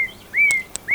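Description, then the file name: Common nightingale song: loud, pure, drawn-out whistled notes, each swelling and held, with brief sharp clicks. "Luscinia megarhynchos"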